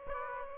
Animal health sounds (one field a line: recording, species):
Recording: mosquito wingbeat signal from an infrared sensor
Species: Aedes aegypti